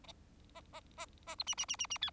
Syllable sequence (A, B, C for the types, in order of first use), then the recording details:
A A A A B C C C C C D. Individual Bird4